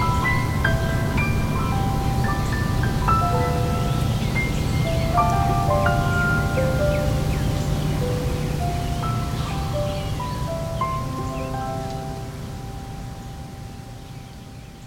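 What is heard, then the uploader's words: Sparse, ringing piano notes drift at different pitches over a steady low backyard rumble, thinning out and growing quieter toward the end. Sounds from my backyard with some piano improvisation.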